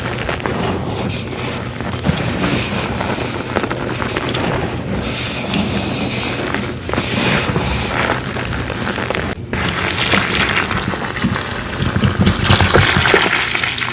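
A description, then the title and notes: Dyed gym chalk is crushed and worked into a wet mix of cleaning liquids and powders, giving a dense, steady crackling and squishing. Around ten seconds the sound turns brighter and fizzier, like a spray or foam hiss joining in. Crushing dyed gym chalk with Pinesol, Fabuloso, cleaning foam spray, baby powder, cornstarch, dish soap, and more!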